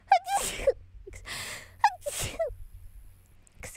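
An adult woman sneezes. A short voiced intake leads into a sharp hissing burst, followed by a second breathy burst and another voiced catch-and-release, giving two or three ordinary sneezes in under three seconds. A faint low hum sits in the background.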